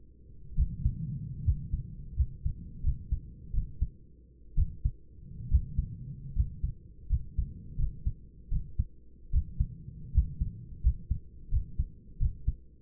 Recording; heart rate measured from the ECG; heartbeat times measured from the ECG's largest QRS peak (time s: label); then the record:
heart sounds by stethoscope; 77 bpm
0.57 s: heartbeat
1.45 s: heartbeat
2.16 s: heartbeat
2.83 s: heartbeat
3.53 s: heartbeat
4.56 s: heartbeat
5.50 s: heartbeat
6.35 s: heartbeat
7.09 s: heartbeat
7.78 s: heartbeat
8.51 s: heartbeat
9.32 s: heartbeat
10.14 s: heartbeat
10.83 s: heartbeat
11.51 s: heartbeat
12.19 s: heartbeat
From the record:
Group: healthy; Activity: rest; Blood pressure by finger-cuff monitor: 136/67 mmHg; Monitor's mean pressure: 86 mmHg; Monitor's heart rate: 74 bpm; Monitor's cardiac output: 8.9 L/min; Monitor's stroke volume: 119 mL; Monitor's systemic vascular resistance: 700 dyn s/cm5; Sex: male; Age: 24 years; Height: 184 cm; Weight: 89 kg